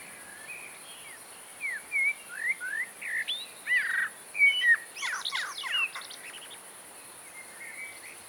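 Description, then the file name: Eurasian blackbird with a string of rich whistled notes rising and falling, followed by a rapid, squeaky high twitter, then softer trailing notes against a steady hiss. "Turdus merula"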